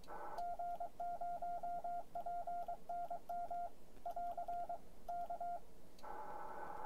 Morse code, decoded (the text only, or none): G0PNM <AR> K